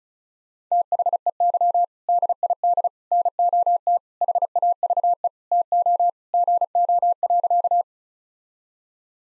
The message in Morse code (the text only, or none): THEY DID NOT HAVE TO GO.